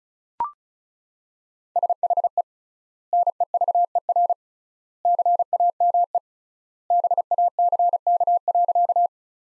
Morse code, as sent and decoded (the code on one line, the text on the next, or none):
... .... . / -. . ...- . .-. / -.-. .- -- . / -... .- -.-. -.- .-.-.-
SHE NEVER CAME BACK.